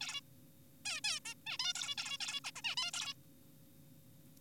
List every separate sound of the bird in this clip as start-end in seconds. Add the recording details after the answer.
0.01-0.20, 0.85-1.01, 1.04-1.20, 1.25-1.34, 1.47-1.57, 1.60-1.73, 1.75-1.95, 1.98-2.18, 2.21-2.40, 2.44-2.51, 2.56-2.62, 2.65-2.75, 2.77-2.91, 2.94-3.14. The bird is an adult. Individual g4p5U